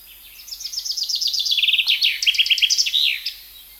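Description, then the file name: Common chaffinch song: a quick, bright trill of repeated notes drops in pitch through several stepped sections and ends in a short emphatic flourish, lasting nearly three seconds. "Fringilla coelebs"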